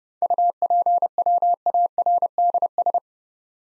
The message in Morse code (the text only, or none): UPWARDS